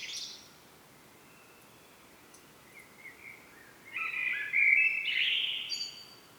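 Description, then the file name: Common blackbird giving a few faint soft notes, then a louder fluty warbled phrase rising into a brief high twitter near the end. "Turdus merula"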